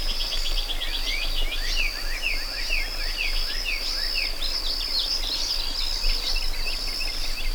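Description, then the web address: Cricket chirping: a high trill that wavers along, mixed with a chorus of busy chirping birds giving fast, repeated swooping notes. Meadow ambience with birds and crickets. "Dr Sound Effects. A Meadow With Birds and Crickets"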